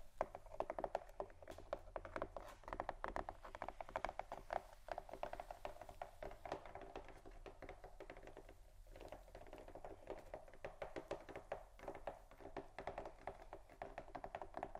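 Fingers scratch and tap on cardboard boxes in a dense, uneven run of dry, crackly scrapes and quick knocks that continues for the full fifteen seconds. A steady low hum sits underneath, and the activity eases briefly just before the ninth second.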